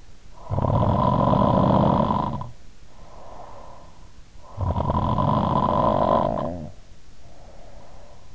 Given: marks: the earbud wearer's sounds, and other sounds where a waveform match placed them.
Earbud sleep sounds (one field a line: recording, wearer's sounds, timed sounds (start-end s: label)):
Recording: sounds in sleep by an in-ear microphone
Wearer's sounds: snoring breath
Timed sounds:
0.28-4.05 s: snoring breath
4.43-8.35 s: snoring breath